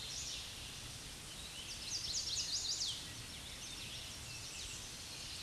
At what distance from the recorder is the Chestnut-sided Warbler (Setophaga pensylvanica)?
about 20 m